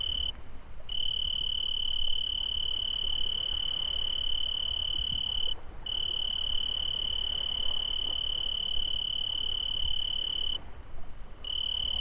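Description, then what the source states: Cricket song, a high continuous trill broken by short gaps roughly every five seconds, a second pulsed trill running above, and a low steady rumble throughout. Two crickets.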